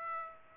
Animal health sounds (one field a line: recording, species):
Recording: mosquito wingbeat signal from an infrared sensor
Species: Aedes aegypti